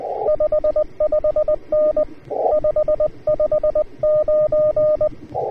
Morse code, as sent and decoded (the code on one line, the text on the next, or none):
..... ..... -. / ..... ..... ----.
55N 559